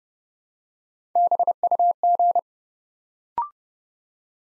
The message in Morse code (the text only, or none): BUG